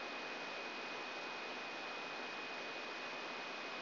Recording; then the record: brain microelectrode recording played as sound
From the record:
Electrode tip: inside the subthalamic nucleus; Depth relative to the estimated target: 1 mm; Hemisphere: right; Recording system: AlphaMap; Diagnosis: Parkinson's disease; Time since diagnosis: 7 years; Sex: female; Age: 56 years